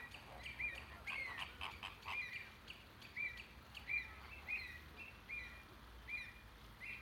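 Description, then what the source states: Flamingos giving spaced nasal honks, about one a second, over faint background hiss. Captive flamingos recorded in the flamingo enclosure at Bristol Zoo.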